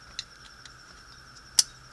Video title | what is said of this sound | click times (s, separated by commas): Airbag clock spring 99 WJ Jeep part 2 | sure it's locked but that's pretty apparent when you hear to click | 1.6 s